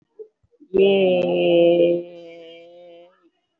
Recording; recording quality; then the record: sustained vowel as in made; excellent, no background noise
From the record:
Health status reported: COVID-19 positive, no symptoms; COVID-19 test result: positive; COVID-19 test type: RT-PCR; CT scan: taken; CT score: 3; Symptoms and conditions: pneumonia, another respiratory illness, hypertension, diabetes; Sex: female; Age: 68 years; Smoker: no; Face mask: worn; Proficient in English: yes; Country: India